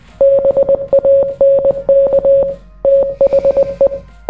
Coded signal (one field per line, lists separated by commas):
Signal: Morse code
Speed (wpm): 19 wpm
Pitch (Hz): 550 Hz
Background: none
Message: BANK THE